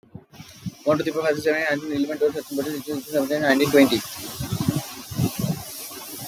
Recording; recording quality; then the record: counting at a fast pace; moderate, slight background noise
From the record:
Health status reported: healthy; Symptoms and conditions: none ticked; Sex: male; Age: 20 years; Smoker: not ticked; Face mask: not worn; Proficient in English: yes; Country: India